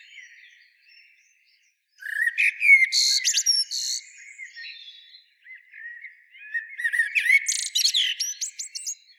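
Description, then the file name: Eurasian blackbird giving two bursts of sharp, high squeaky and chinking notes, with quieter notes before and between them. "Turdus merula"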